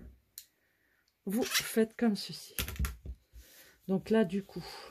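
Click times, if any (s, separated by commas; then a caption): 0.4 s. On a reusable fabric freezer bag, the male part of a plastic snap fastener, fitted through the fabric, is squeezed with snap pliers and gives one sharp click at 0.4 s. The snap fastener is pressed home and seated. Afterward, someone talks.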